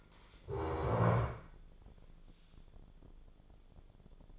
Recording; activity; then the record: daily activity, microphone in the room; stand up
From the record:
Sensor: 5